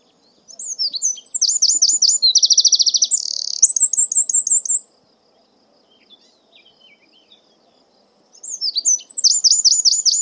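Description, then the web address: Bird song, a rapid phrase of slurred downward notes, a buzzy high trill and a string of repeated notes, then a pause before the phrase starts again. "Deverinetal 2025 File origin Bird Only"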